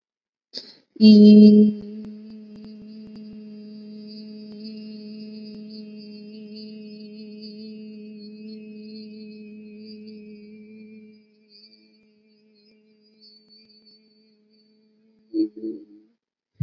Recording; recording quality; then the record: sustained vowel as in beet; excellent, no background noise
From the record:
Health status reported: respiratory illness, not identified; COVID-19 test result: not tested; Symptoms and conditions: sore throat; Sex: female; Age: 28 years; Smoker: not ticked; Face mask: not worn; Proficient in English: yes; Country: India